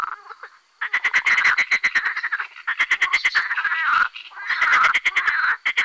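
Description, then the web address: Marsh frog chorus, dense rattling croaks overlapping almost continuously, with pulsed bursts rising and falling in loudness. "Fotoim Hangok Pelophylax ridibundus"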